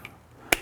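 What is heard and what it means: An aftermarket BAVSOUND Stage One silk-dome tweeter with a machined aluminum housing is pressed straight down into its factory mount in the door of a BMW 7 Series G11/G12. After a faint tick near the start, a sharp, loud snap at 0.5 s marks the tweeter popping into place, where it sits firm and is not going anywhere.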